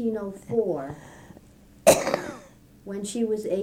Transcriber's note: coughs